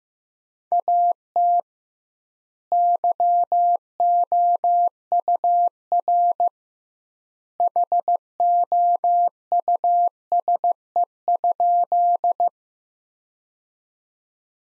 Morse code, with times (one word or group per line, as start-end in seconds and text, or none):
0.7-1.6 AT
2.7-6.5 YOUR
7.6-12.5 HOUSE?